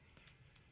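A plastic propeller guard is pushed onto a drone arm, giving a couple of brief plastic knocks and scrapes over a low background hum. The guard misses the bottom of the arm, so it has not snapped into place.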